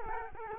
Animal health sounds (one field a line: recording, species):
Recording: mosquito wingbeat signal from an infrared sensor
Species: Culex quinquefasciatus